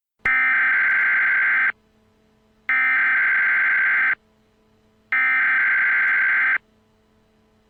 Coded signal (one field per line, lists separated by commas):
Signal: Emergency Alert System (SAME) tones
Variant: header bursts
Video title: EAS Scenario Preview: Zombie Hell